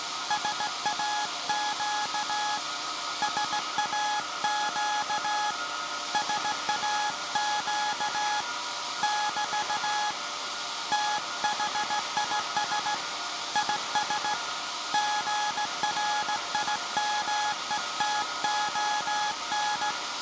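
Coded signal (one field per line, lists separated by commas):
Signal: Morse code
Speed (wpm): 17 wpm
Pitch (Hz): 840 Hz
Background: none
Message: SAQ SAQ SAQ <BT> THIS IS GRIMETON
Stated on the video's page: Anniversary Morse transmission from the pre-electronic Alexanderson alternator VLF transmitter SAQ at Grimeton, built 1924, sent live.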